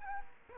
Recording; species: mosquito wingbeat signal from an infrared sensor; Culex quinquefasciatus